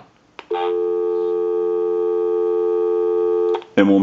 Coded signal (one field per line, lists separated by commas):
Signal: telephone call progress tone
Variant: North America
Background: speech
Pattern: dial tone